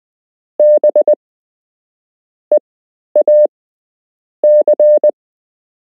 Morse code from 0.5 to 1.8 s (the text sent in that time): B